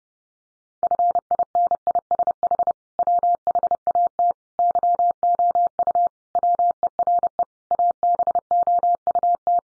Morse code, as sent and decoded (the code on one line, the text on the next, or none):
..-. .. -. .. ... .... / .-- .... .- - / -.-- --- ..- / .-- . .-. . / .- -... --- ..- -
FINISH WHAT YOU WERE ABOUT